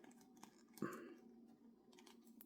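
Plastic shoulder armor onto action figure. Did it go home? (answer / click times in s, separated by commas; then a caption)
partly / 2.4 s. A plastic shoulder armor piece is pressed onto a Jadatoys M. Bison "Vega" Street Fighter action figure, with soft scattered plastic taps and rustling and a louder scraping burst around 0.8 s. A sharp snap at 2.4 s marks the armor clicking into place, though it is still not fully home.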